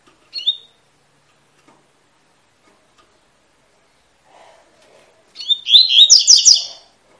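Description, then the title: Double-collared seedeater: a brief whistled note, a long quiet gap with faint low sounds, then a rich rapid phrase of repeated slurred whistles. Tui-tui song style, used as a tutor song for teaching young birds; bird of the fibra type. "COLEIRO TUI TUI FIBRA"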